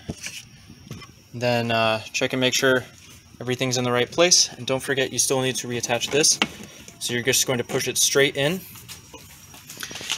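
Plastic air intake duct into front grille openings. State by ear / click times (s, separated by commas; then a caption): seated / 10.1 s. Someone talks while reattaching the plastic air intake duct on a 2011-2016 Mini Countryman during an automatic transmission fluid change, pushing it straight into its openings at the front grille so it clips into the holes on both sides. Brief handling knocks come at 9.7 s and 9.8 s, then the duct clicks into place at 10.1 s, fully seated.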